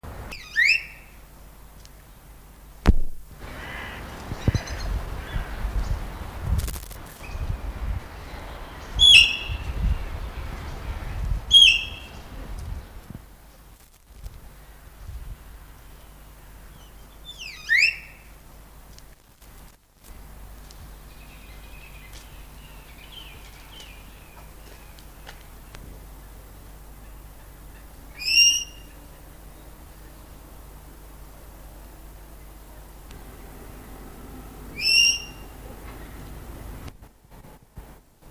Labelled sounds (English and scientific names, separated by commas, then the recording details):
Red-billed Blue Magpie (Urocissa erythroryncha) call
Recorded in captivity
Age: adult
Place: Zoo Berlin, Berlin, DE
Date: 1999-12-21 13:57
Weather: overcast, 0°C
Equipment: Nagra SN, Kopie Uher 4000 Report Monitor
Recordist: Tembrock, Günter